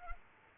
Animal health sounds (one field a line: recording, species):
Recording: mosquito wingbeat signal from an infrared sensor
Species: Culex pipiens